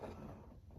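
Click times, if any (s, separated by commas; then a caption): none. The folding front landing gear of a plastic toy vehicle is being pushed back up into the hull toward its stowed position, a part that is a little difficult to get back up. A low, steady handling rumble is heard throughout. Nothing has seated or clicked yet; the gear has not locked into place.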